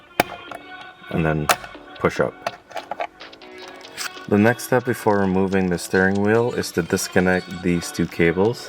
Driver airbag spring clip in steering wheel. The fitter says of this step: pull down until you hear that click,